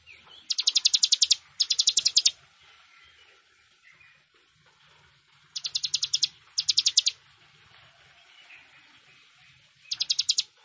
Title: Ciblek Sawah